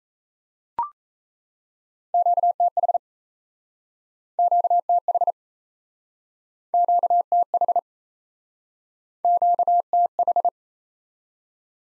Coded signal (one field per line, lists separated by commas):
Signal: Morse code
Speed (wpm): 37 wpm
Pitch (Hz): 700 Hz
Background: none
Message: QTH QTH QTH QTH